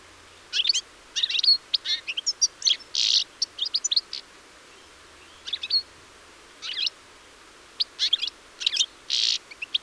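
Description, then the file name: European Goldfinch song in spaced bursts of bright chirps and buzzy notes separated by short silent gaps. "Carduelis carduelis"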